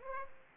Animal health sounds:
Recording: mosquito wingbeat signal from an infrared sensor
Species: Aedes aegypti

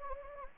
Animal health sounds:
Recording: mosquito wingbeat signal from an infrared sensor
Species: Anopheles gambiae

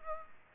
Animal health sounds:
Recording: mosquito wingbeat signal from an infrared sensor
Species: Culex pipiens

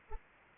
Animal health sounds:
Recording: mosquito wingbeat signal from an infrared sensor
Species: Anopheles arabiensis

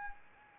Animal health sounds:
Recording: mosquito wingbeat signal from an infrared sensor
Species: Anopheles arabiensis

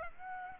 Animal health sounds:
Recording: mosquito wingbeat signal from an infrared sensor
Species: Aedes aegypti

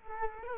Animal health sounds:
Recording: mosquito wingbeat signal from an infrared sensor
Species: Culex quinquefasciatus

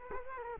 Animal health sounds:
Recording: mosquito wingbeat signal from an infrared sensor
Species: Culex quinquefasciatus

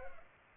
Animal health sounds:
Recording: mosquito wingbeat signal from an infrared sensor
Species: Culex pipiens

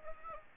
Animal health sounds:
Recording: mosquito wingbeat signal from an infrared sensor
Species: Aedes aegypti

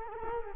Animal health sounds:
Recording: mosquito wingbeat signal from an infrared sensor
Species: Culex quinquefasciatus

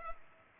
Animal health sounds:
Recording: mosquito wingbeat signal from an infrared sensor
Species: Culex pipiens

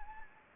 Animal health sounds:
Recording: mosquito wingbeat signal from an infrared sensor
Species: Anopheles gambiae

